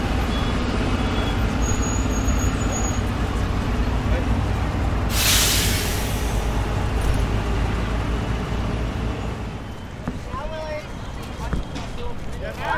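A busy Coney Island shop with steady low vehicle rumble and murmured voices, a sharp air-brake hiss around five seconds, faint chirps later.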